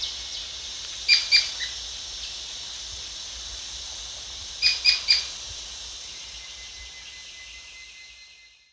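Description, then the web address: Rufous Piculet calls: two short groups of sharp, high clicking notes, a pair then a triplet, over a steady high background hum. Recorded at Danum on 1 April 2006. "DANUM 20060401. rufous piculet"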